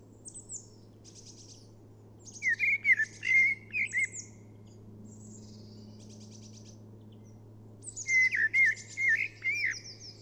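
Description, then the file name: Eurasian blackbird song, two warbled phrases a few seconds apart and thin high twitters, over a steady low hum. "Turdus merula"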